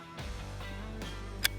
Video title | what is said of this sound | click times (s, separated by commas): Firequick Products Large Format Launcher System Safety Training | you're going to pull the charging handle all the way back until you feel a solid click | 1.4 s